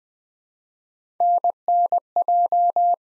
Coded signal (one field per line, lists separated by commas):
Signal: Morse code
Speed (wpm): 20 wpm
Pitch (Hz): 700 Hz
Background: none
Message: NNJ